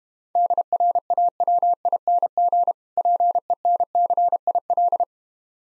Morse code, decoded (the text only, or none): DRAWING PENCIL